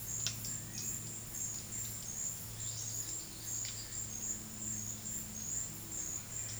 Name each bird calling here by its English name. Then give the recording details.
Bananaquit. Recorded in dense forest near Puerto Asís, Putumayo, Colombia, on 20 February 2024 at 14:00. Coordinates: 0.481, -76.318. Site G6421